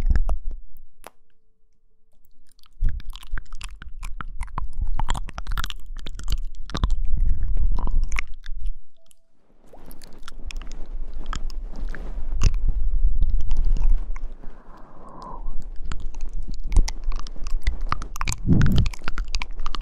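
Mouth sounds of chewing and crunching, dense wet clicks and smacks in bursts, with a brief quiet pause just after nine seconds.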